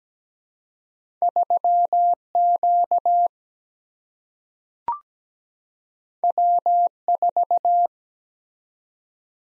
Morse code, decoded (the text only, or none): 3Q W4